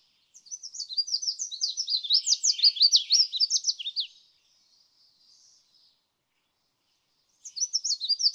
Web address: songs Red-faced Warbler